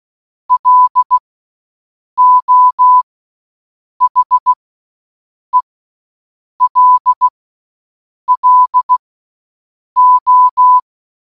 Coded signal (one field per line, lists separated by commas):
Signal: Morse code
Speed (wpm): 16 wpm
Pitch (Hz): 1000 Hz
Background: none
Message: LO HELLO